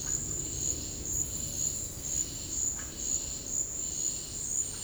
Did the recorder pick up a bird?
no